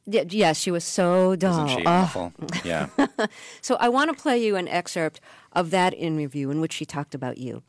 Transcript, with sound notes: Yes, she was so dull.
Isn't she awful?
(Laughter).
Yeah.
So I want to play you an excerpt of that interview in which she talked about you.